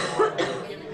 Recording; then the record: coughing mixed with background sound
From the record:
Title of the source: female coughing - coughing sound effects girl